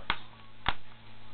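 Two sharp clicks at 0.1 and 0.7 seconds as the plastic screen bezel's clips pop into place in the display lid of a Gateway MS2285 laptop, with someone tapping lightly around the bezel without force. The bezel seats, and there is a low steady hum between the clicks.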